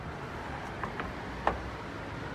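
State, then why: Seated. A removable steering wheel on a VUHL car has its release pressed back and is pushed down onto its quick-release hub. Two faint ticks at about 0.8 and 1.0 seconds come before a sharper, louder click at 1.5 seconds, over a steady background hiss. The wheel locks in place on the hub at that click.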